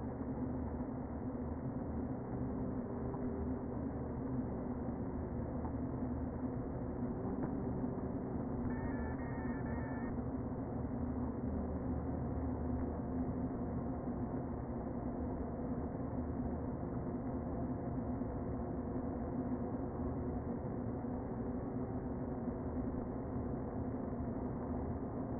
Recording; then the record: honeybee colony, microphone inside the hive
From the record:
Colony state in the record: queen present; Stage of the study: before two queens were removed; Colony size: about 60,000 bees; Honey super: yes